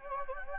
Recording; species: mosquito wingbeat signal from an infrared sensor; Anopheles gambiae